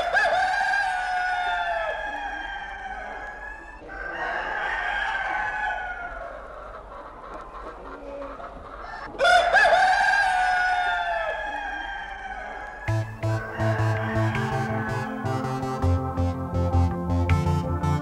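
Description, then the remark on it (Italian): A rooster crows three times in a row, each call loud, drawn-out and strained, with no talking. Rhythmic music with a steady beat takes over at the end. “Allora, un gallo ogni tanto sicuramente non ci fa male.”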